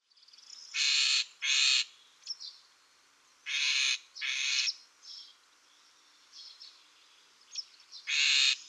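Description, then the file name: Great grey shrike giving harsh grating calls in pairs, with soft scratchy notes between the loud bursts and another loud call at the end. "srokosz"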